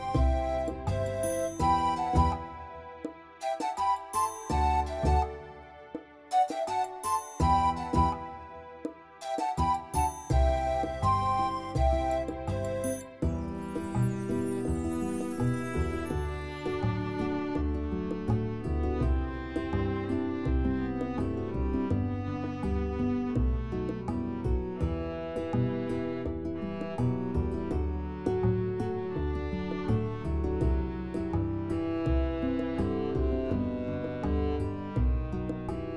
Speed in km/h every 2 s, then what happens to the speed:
81, 57, 54, 53, 53, 56, 60, 65, 70, 76, 79, 79, 83, 87, 90, 93, 95, 98.
0-2 brakes to 57. 2-9 steady at about 53. 9-36 speeds up to 98.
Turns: none.